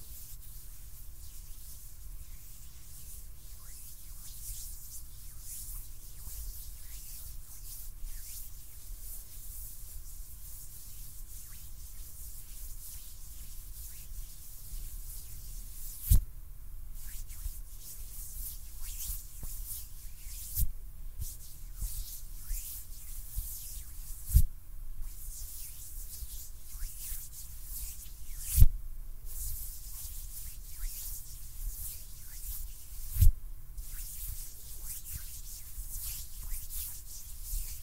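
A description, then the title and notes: Hands rub steadily against each other in a dense, continuous hiss that stays bright and fairly even throughout. Brief pauses break the rubbing around 16, 24 and 28 seconds, and a few soft knocks or taps punctuate it, the sharpest near 16, 28 and 33 seconds. ASMR HAND SOUNDS NO TALKING.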